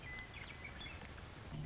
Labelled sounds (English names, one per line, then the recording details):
Western Meadowlark
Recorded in Sonoma County, California